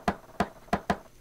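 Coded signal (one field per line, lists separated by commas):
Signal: tap code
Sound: four knocks on wood: three evenly spaced, then a quick fourth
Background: small room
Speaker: das geheime klopfzeichen geht folgendermaßen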